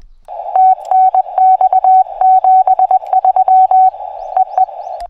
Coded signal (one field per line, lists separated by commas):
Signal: Morse code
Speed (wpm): 21 wpm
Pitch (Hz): 750 Hz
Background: none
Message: TNX 73 EE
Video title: 0621'24 QRP 5W / 自立型ロングワイヤー / 編集なし / POTA WWFF Activation in Okawa Hatori Prefectural Nature Park